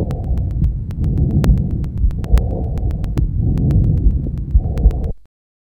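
Normal tracheobronchial breath sound in an adult, heard through a stethoscope on the chest: a high-pitched blowing sound heard over the areas where the large airways project.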